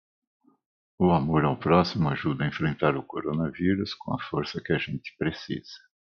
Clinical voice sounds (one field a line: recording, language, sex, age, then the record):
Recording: spoken sentence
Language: Brazilian Portuguese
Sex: male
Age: 50 to 59 years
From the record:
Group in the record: control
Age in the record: 59 years